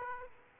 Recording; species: mosquito wingbeat signal from an infrared sensor; Aedes aegypti